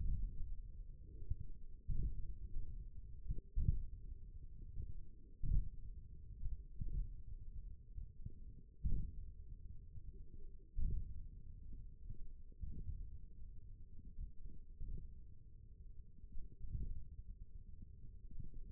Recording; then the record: forearm muscle sounds (acoustic myography)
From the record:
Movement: index flexion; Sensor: system 1, eight BSWA MPA416 microphones around the upper forearm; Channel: 2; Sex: male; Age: 28 years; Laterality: right